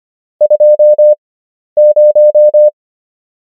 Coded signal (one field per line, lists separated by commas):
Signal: Morse code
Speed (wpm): 25 wpm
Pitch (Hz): 600 Hz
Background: none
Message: 20